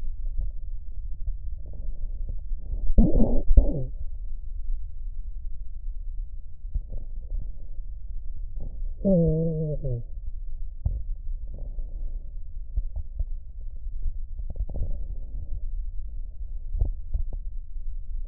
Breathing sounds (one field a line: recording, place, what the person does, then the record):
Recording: lung sounds by stethoscope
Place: left posterior basal chest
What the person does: quiet breathing, then cough and speech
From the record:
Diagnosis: COPD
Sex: male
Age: 65 years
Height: 162 cm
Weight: 67.8 kg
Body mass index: 25.8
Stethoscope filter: extended mode